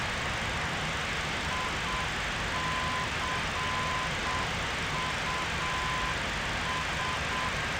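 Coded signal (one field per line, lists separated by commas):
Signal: Morse code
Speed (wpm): 7 wpm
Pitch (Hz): 1020 Hz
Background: none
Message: ICUS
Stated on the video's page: Morse in a flight simulator MD-83 flight.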